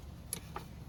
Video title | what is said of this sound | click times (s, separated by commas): Shift Indicator Misaligned | grab my cable insert that into the bracket right here and that will snap right into place | 0.3 s